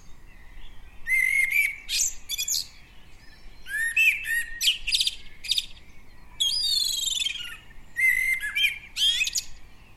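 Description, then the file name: Common blackbird giving short bouts of sharp, twittering and squealing notes, some with a whistled tone, in several bursts. "Turdus merula"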